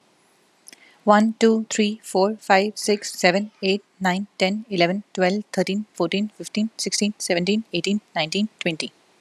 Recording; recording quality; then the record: counting at a fast pace; excellent, no background noise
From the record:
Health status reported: healthy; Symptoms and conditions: none ticked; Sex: female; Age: 32 years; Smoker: not ticked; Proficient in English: yes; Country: India